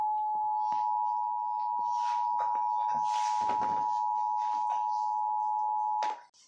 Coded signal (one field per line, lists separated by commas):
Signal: Emergency Alert System (SAME) tones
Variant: 853 and 960 Hz attention tone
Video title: 2019 National Periodic Test (WFAA/KXAS (Fail)/KDFW) (EAS #389-392).